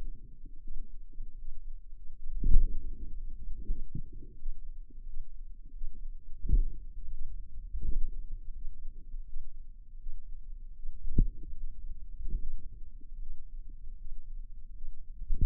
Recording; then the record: forearm muscle sounds (acoustic myography)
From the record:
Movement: pen grasping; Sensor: system 2, bracelet of six BSWA MPA416 microphones around the upper forearm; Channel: 4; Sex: female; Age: 23 years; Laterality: right